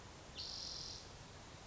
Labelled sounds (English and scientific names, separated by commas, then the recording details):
Spotted Towhee (Pipilo maculatus)
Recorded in Sonoma County, California